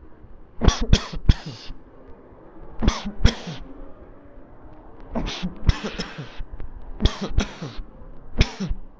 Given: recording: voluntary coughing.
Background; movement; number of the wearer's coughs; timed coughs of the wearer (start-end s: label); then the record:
traffic; walking; 11
0.59-0.90 s: cough
0.90-1.24 s: cough
1.24-1.72 s: cough
2.79-3.19 s: cough
3.23-3.54 s: cough
5.12-5.63 s: cough
5.66-5.94 s: cough
5.96-6.46 s: cough
7.00-7.33 s: cough
7.37-7.73 s: cough
8.36-8.82 s: cough
From the record:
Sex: male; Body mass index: 20.5 kg/m2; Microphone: on the chest, facing the body